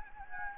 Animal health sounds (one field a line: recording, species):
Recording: mosquito wingbeat signal from an infrared sensor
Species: Anopheles gambiae